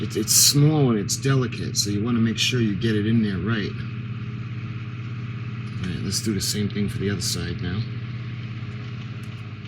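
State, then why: Not seated. A small, delicate plastic part of a 1:200 scale RMS Titanic model is handled for pressing into its mount on the hull section, on the second side. Someone talks over a steady low hum, with a brief sharp sound near 5.8 s. Nothing has seated or clicked yet.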